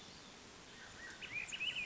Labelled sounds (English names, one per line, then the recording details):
Swainson's Thrush
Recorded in Sonoma County, California